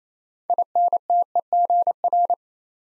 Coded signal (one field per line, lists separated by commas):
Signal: Morse code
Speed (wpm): 27 wpm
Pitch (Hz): 700 Hz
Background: none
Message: INTEGR